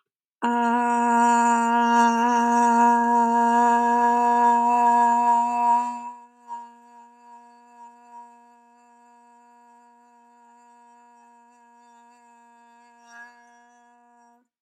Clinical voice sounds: vowel held as long as possible; female; 20 to 29 years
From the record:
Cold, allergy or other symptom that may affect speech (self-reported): no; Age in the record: 22 years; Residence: Pennsylvania, United States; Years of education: 17

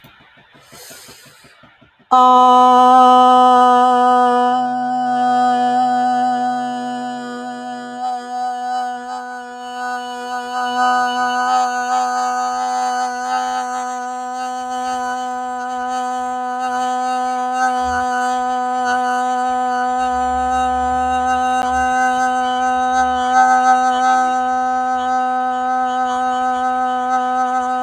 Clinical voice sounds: vowel held as long as possible; female; 50 to 59 years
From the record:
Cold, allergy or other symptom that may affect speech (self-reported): no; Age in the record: 58 years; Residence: Pennsylvania, United States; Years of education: 26

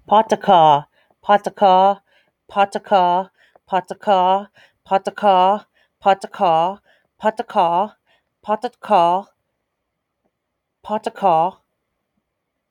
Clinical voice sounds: repeated syllables /pa ta ka/; female; 30 to 39 years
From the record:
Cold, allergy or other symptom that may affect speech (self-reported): no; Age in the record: 39 years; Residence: United States

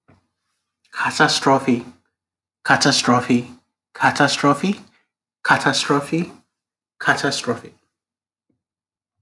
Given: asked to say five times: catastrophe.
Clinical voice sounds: repeated word; male; 30 to 39 years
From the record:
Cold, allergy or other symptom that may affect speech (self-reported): no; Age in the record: 35 years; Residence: Virginia, United States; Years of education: 18

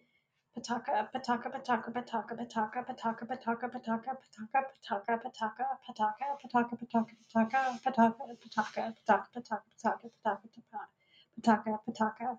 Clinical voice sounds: repeated syllables /pa ta ka/; female; 30 to 39 years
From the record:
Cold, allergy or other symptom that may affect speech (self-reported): no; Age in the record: 33 years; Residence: United States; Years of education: 19

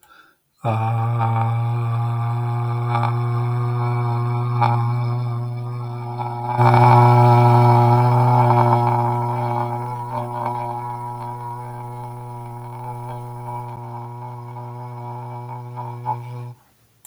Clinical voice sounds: vowel held as long as possible; male; 50 to 59 years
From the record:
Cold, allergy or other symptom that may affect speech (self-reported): no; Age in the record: 51 years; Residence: California, United States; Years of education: 16

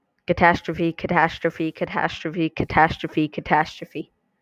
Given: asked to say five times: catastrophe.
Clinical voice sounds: repeated word; male; 20 to 29 years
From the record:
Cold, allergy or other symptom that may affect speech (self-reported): no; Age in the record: 25 years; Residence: Georgia, United States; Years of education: 21

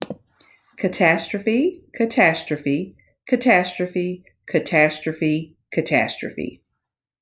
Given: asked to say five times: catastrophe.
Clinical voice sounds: repeated word; female; 50 to 59 years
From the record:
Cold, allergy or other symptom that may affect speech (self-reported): no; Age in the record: 50 years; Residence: Alabama, United States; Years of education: 16

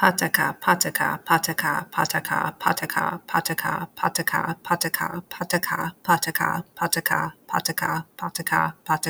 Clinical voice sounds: repeated syllables /pa ta ka/; female; 30 to 39 years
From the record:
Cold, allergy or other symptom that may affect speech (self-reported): no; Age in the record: 34 years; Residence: Pennsylvania, United States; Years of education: 18

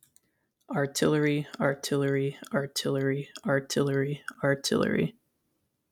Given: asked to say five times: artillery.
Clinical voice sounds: repeated word; male; 20 to 29 years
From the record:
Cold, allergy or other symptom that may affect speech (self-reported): no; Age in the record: 23 years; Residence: Kentucky, United States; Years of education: 12

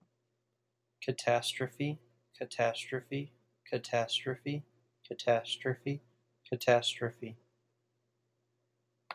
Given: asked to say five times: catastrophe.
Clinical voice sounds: repeated word; male; 20 to 29 years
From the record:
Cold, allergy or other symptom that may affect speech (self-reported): no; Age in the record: 23 years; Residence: United States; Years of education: 19

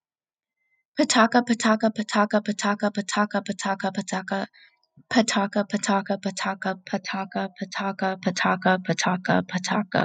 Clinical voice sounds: repeated syllables /pa ta ka/; female; 20 to 29 years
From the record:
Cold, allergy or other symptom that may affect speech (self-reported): no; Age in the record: 22 years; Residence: United Kingdom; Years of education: 16

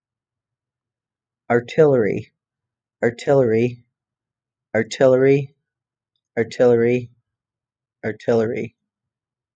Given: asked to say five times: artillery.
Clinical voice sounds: repeated word; female; 50 to 59 years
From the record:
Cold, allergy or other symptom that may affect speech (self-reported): no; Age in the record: 55 years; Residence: Illinois, United States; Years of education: 16

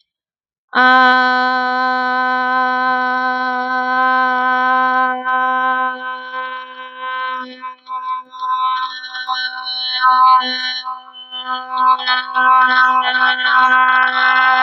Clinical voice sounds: vowel held as long as possible; female; 40 to 49 years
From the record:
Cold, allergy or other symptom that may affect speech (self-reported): no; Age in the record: 44 years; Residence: Georgia, United States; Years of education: 16

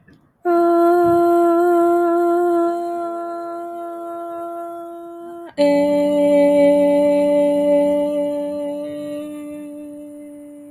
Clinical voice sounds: vowel held as long as possible; female; 20 to 29 years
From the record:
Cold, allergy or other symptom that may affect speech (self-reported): no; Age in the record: 22 years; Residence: California, United States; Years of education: 12

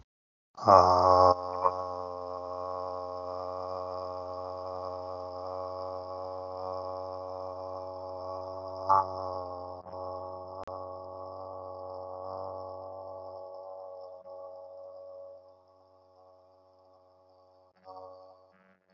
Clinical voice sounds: vowel held as long as possible; male; 50 to 59 years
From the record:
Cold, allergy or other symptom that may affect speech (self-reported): no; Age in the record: 53 years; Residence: Pennsylvania, United States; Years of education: 14

